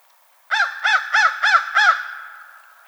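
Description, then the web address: American crow giving five harsh, nasal caws in quick succession, about three per second, with a brief fading echo after the last call. Recorded on 21 March 2007. "American Crow 2007 03 21"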